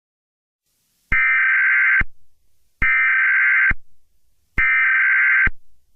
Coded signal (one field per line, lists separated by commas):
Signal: Emergency Alert System (SAME) tones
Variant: header bursts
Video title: Eas Scenario 005 - Los Angeles Shooting